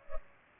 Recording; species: mosquito wingbeat signal from an infrared sensor; Culex pipiens